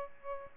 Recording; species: mosquito wingbeat signal from an infrared sensor; Aedes albopictus